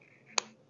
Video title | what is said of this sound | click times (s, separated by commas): Will this BLOWN UP jeep run and drive again for under $500? | there we go heard it click | 0.4 s